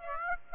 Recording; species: mosquito wingbeat signal from an infrared sensor; Aedes aegypti